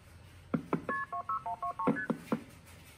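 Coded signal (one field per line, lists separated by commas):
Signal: multi-frequency trunk signalling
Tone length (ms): 100 ms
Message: KP26123ST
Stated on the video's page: Signalling in electromechanical crossbar switching during alternate routing of calls.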